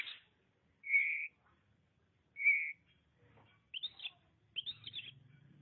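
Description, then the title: Oriental magpie-robin song: two clear, steady whistled notes, followed by buzzy, fluttering high phrases. "Suara Kicauan Burung Kacer Durasi Panjang"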